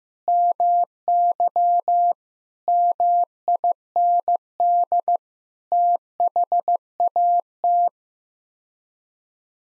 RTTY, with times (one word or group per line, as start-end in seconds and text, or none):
none